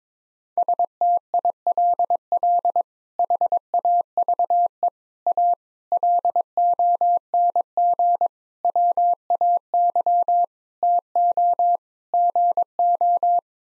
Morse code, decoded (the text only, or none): STILL HAVE A LONG WAY TO GO